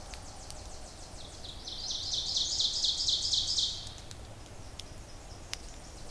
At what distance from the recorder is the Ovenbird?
about 30 m